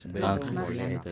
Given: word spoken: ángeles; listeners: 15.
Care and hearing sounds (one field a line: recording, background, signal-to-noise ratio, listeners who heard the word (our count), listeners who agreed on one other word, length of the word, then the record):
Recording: one Spanish word in noise, from a listening test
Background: four-talker babble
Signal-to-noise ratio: -0.7 dB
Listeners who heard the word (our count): 1 of 15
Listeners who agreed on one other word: 8 of 15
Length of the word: 0.72 s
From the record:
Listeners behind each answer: 8, 1, 1, 1, 1, 1, 1, 1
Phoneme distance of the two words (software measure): 14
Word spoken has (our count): 3 syllables, 7 phonemes, stress on syllable 1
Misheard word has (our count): 2 syllables, 5 phonemes, stress on syllable 1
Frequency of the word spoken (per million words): 21.27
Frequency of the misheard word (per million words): 51.02